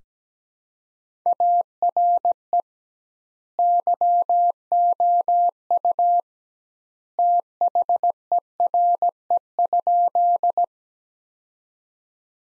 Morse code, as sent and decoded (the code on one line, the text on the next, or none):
.- .-. . / -.-- --- ..- / - .... . .-. . ..--..
ARE YOU THERE?